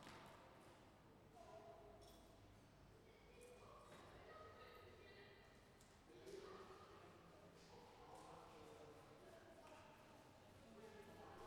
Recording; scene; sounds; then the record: everyday scene through a hearing-aid microphone; reverberant space; background noise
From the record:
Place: railway station hall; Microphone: behind the ear, left, rear